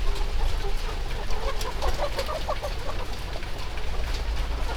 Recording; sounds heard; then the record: poultry house recording; healthy chickens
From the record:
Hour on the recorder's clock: 14